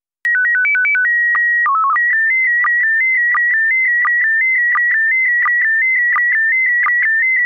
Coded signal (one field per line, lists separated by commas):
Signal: SSTV (slow-scan television)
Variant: PD 90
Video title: Daily Minutes Data - SSTV only